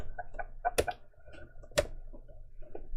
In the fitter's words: There. You heard the two click. That was good.